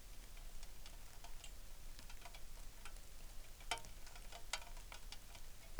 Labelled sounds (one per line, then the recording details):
songbird
rain
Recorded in the Arctic National Wildlife Refuge, Alaska, on 3 August 2019
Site 33